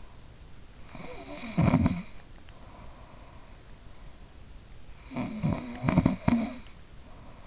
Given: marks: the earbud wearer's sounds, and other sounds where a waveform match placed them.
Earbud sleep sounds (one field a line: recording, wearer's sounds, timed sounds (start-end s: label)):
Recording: sounds in sleep by an in-ear microphone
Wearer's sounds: snoring breath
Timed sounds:
0.45-2.62 s: snoring breath
4.62-7.47 s: snoring breath